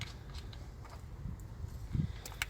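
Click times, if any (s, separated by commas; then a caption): 2.4 s. A plastic locking clip on the wiring connector of a RIPP High Performance Pentastar ignition coil pack is pressed back into place after the coil pack and its bolt are installed. Soft handling noises over a low rumble lead to a sharp click at 2.4 s. The connector lock clip is seated.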